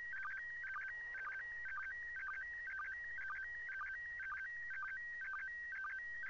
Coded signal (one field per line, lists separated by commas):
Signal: SSTV (slow-scan television)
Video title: ISS Pass SSTV Oct 28 2018